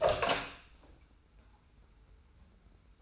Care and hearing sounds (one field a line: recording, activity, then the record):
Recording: daily activity, microphone in the room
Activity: open door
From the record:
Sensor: 2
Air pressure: 990.2 hPa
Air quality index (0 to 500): 179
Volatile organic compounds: 1000 ppm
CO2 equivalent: 5665 ppm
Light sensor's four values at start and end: 34/80/33/33 and 34/80/33/33